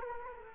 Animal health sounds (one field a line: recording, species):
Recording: mosquito wingbeat signal from an infrared sensor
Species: Culex quinquefasciatus